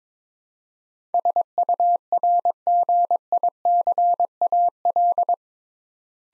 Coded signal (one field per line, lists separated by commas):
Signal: Morse code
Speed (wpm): 22 wpm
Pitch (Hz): 700 Hz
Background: none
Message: SURGICAL